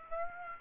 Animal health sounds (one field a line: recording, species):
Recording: mosquito wingbeat signal from an infrared sensor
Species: Aedes aegypti